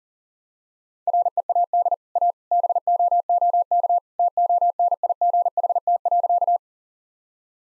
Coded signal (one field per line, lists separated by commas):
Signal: Morse code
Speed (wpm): 40 wpm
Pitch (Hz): 700 Hz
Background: none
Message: READ A BOOK TONIGHT.